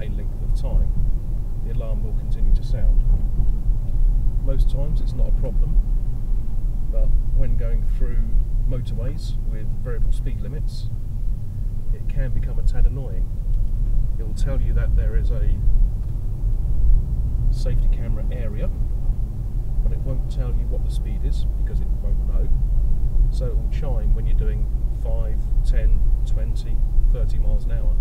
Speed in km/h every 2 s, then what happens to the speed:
35, 35, 32, 27, 24, 23, 24, 32, 40, 45, 45, 45, 42, 40.
3-11 slows to 23. 11-17 speeds up to 45. 17-28 steady at about 45.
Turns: none.